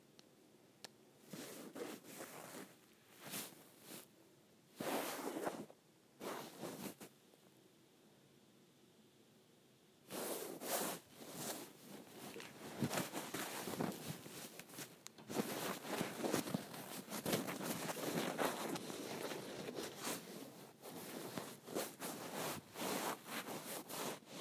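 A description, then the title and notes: A cord is scraped in short, rough bursts, sparse and separated by pauses for the first ten seconds. After that the scraping turns nearly continuous and denser, gritty and bright with quick strokes, over a faint hushed background. ASMR Scraping the Cord of my iPhone Charger.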